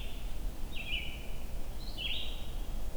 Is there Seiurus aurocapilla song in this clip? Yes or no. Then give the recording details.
no. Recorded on 22 June 2016 at 06:33. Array SBT-6-76